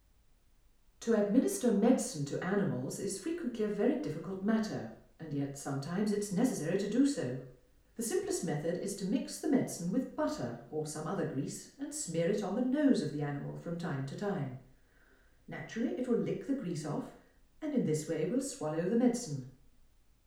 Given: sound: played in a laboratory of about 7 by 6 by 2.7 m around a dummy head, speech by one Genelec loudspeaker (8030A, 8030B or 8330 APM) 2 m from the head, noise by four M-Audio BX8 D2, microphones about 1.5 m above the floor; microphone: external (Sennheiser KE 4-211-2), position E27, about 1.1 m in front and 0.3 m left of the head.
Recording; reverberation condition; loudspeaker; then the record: female speech in English; medium; 90 degrees to the right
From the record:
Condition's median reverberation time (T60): about 510 ms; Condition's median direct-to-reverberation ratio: about -0.5 dB